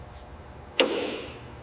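A torque wrench tightens a threaded fastener on a 1956 Bell UH-1 Iroquois (Huey) helicopter component, after 531 thread compound is applied to the helical-cut threads. Low background noise gives way to one sharp, bright click at 0.8 s with a short ringing tail that fades by about 1.3 s. The wrench clicks at its setting, and the reading is confirmed within tolerance.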